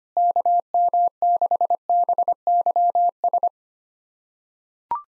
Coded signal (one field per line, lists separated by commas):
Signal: Morse code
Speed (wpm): 25 wpm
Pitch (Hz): 700 Hz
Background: none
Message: KM6BYS